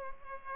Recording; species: mosquito wingbeat signal from an infrared sensor; Culex pipiens